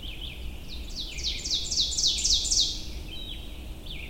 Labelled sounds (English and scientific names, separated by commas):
Ovenbird (Seiurus aurocapilla) song